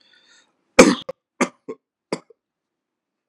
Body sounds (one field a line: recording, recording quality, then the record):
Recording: heavy voluntary cough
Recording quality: moderate, slight background noise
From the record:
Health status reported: healthy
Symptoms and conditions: hypertension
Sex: male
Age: 48 years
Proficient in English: yes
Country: India